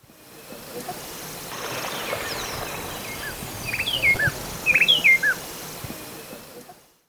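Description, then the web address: Bar-winged wood-wren song: a brief burst of clear whistled notes jumping between high and lower pitches, given in two short clusters over a steady hiss. Recorded in Ecuador. "S America Birds of Ecuador. Bar-winged Wood-Wren"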